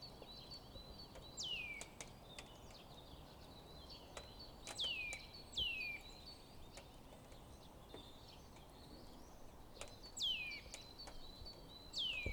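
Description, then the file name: Eurasian nuthatch calls: clear whistled notes sweeping steeply downward, given singly or in pairs every few seconds, with faint chirps and clicks in the background. "Sitta europaea"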